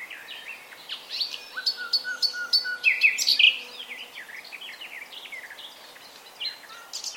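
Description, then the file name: Common nightingale song: a dense, varied stream of chirps, whistles and clicks, loudest midway. "Luscinia megarhynchos"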